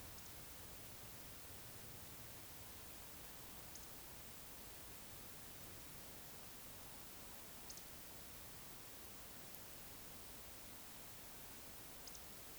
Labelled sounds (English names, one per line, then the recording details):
Eurasian Woodcock whistle
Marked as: whistle, whistle, whistle, whistle
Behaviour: display flight
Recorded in Baden-Württemberg, Germany, on 20 May 2021 at 20:07 UTC
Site 24606, 635 m above sea level